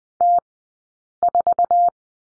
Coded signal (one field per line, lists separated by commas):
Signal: Morse code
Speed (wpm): 19 wpm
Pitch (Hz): 700 Hz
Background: none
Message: T 4